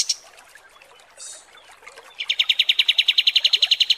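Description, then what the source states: Kapas tembak song: faint chirps and a brief hiss, then a loud rapid trill of evenly repeated high notes running to the end. Masteran song used for training birds; 'mewah' (luxurious) kapas tembak.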